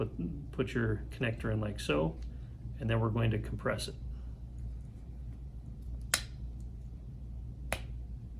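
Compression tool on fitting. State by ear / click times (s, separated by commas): seated / 6.1 s, 7.7 s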